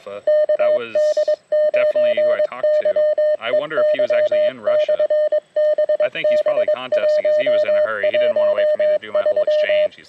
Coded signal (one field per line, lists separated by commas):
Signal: Morse code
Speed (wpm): 22 wpm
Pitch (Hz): 610 Hz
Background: speech, radio noise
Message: KD9YEY/BB113